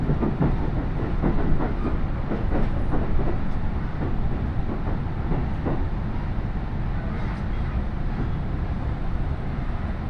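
Steady low rumble of a train riding the Iida Line, with dense rattling and frequent rhythmic clacks throughout, loudness nearly constant.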